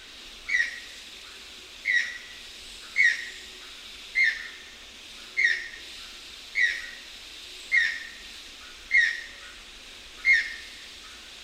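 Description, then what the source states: Channel-billed Toucan calling, a short sharp note repeated about every 1.2 seconds in a steady series, with faint background hiss. Recorded 31 October 2001.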